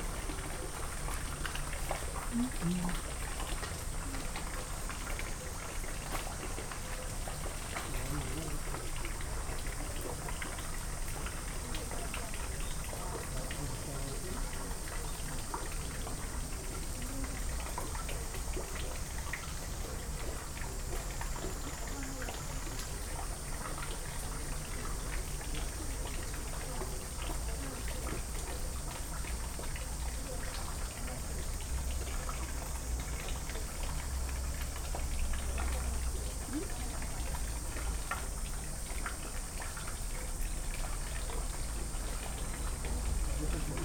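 A field recording from Kyoto, Japan: a steady, dense wash of sound with a low rumble underneath and a thin, constant high whine on top. Scattered ticks and crackles run throughout, like bubbling liquid, with faint voices blended in and no clear breaks.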